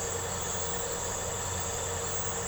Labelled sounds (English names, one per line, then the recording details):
none
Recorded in secondary vegetation near Puerto Asís, Putumayo, Colombia, on 4 March 2025 at 00:30
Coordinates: 0.468, -76.324
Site G059